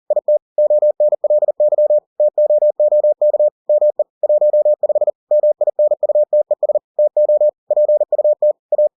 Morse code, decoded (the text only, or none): IT ONLY TOOK ME 15 MINUTES TO PUT A